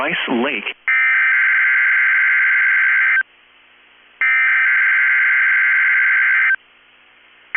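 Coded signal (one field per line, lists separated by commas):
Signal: Emergency Alert System (SAME) tones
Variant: header bursts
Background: speech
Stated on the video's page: Required weekly test from a NOAA weather radio station.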